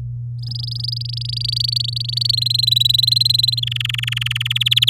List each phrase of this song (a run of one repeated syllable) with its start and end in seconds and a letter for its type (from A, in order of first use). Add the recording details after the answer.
0.38-2.31 A, 2.33-3.60 B, 3.62-4.53 C, 4.55-4.90 D. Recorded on 11 May 2018 at 08:27. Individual llb16